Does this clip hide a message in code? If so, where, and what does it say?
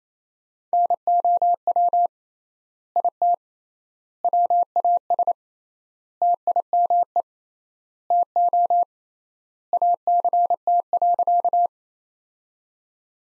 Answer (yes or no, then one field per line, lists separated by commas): yes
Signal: Morse code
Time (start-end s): 0.7-11.7 s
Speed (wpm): 28 wpm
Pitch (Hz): 700 Hz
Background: none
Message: NOW IT WAS TIME TO ACT.